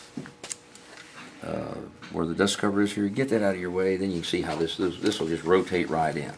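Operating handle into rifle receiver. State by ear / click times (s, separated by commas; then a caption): not seated / none. A steel operating handle is rotated into its slot and cut-out beside the dust cover of a Browning BAR rifle receiver, with a few brief handling taps near the start while someone talks. Nothing has seated or clicked yet; the handle is not yet home.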